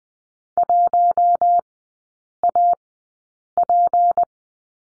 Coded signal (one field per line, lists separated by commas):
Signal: Morse code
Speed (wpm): 20 wpm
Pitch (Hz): 700 Hz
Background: none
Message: 1AP